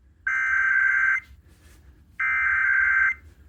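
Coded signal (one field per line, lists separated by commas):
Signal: Emergency Alert System (SAME) tones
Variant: header bursts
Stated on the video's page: Statewide tornado drill relayed on several FM stations and a weather radio station, decoded as a weekly test; some stations slightly delayed.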